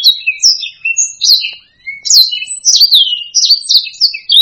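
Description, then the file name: Black-throated laughingthrush pouring out bright, varied chirped phrases, with one brief break before the song resumes in a dense burst. "suara-kicauan-burung-blacksang -omkicau"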